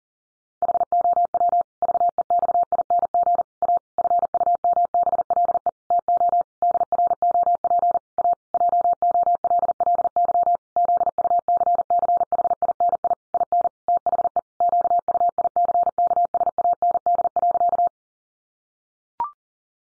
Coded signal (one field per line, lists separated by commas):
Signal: Morse code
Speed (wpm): 40 wpm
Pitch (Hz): 700 Hz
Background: none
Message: HOW VEXING A FUMBLE TO DROP A JOLLY ZUCCHINI IN THE QUICKSAND.